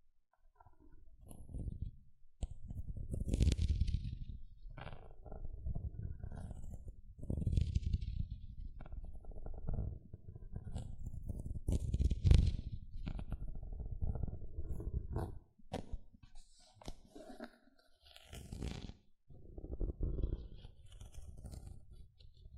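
Gentle scratching in uneven bursts, mostly low and rumbling, with thin crackly ticks flicking up above it. The scratching runs in stretches of a few seconds, broken by short pauses near 2, 7, 15 and 18 seconds, and peaks around 12 seconds.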